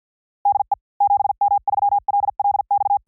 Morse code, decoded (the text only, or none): DE 7M3LLX